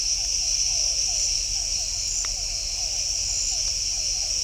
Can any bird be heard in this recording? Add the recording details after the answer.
no. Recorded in shrubland near Pivijay, Magdalena, Colombia, on 2 June 2023 at 00:00. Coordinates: 10.453, -74.365. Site P5-G022